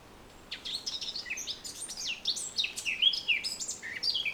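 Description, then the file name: Eurasian blackcap song: a hurried series of varied warbled and whistled notes after a quiet start. "Sylvia atricapilla"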